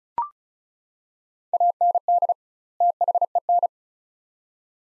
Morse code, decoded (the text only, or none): AND THEN